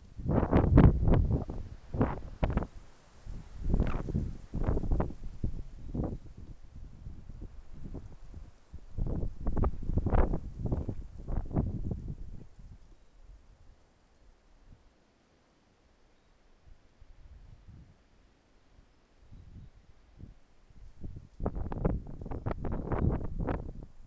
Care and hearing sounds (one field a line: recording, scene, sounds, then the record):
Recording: everyday scene through a hearing-aid microphone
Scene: wind on the microphone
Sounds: wind, traffic, birds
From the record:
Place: suburban garden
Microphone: behind the ear, left, front